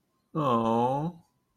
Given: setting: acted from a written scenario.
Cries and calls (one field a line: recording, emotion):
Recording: vocal sound without words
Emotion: sympathy